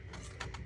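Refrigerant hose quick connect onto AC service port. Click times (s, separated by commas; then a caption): 0.4 s. The quick-connect coupler on a refrigerant can hose is pushed over the AC low-side service port of a 2012 Volkswagen Beetle 2.0T TSI. A sharp click at 0.4 s, with softer knocks around 0.1 s and 0.6 s, rises over a steady low background hum. The coupler clicks on and is seated on the port.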